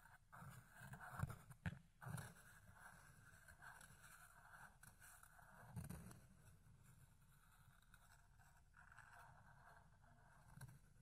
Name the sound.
Fluffy Ear Cleaning, Ear Picking